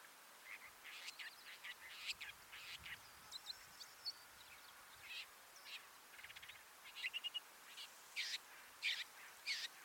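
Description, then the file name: Long-tailed shrike giving scratchy rasps and brief chattering bursts, irregular and somewhat quieter, with a short rattling trill near the middle. "Ruud van Beusekom - Dlinnohvostyj sorokoput Lanius schach"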